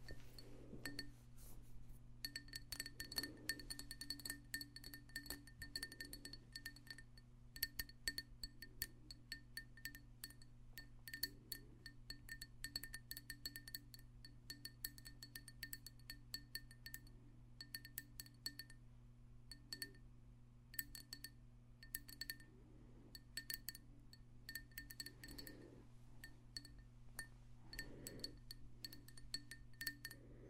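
Quick, dense tapping with bright clinking, glassy tones over a steady low hum, with faint soft thumps recurring every few seconds.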